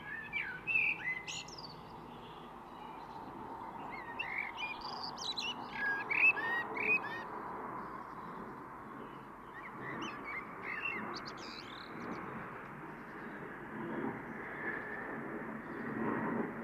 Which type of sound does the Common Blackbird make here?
song